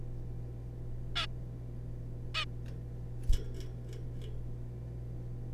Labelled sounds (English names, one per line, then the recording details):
Zebra Finch
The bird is a juvenile
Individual R3549